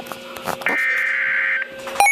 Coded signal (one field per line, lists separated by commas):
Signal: Emergency Alert System (SAME) tones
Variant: header bursts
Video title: PDS Tornado Warning! (EAS #1,128)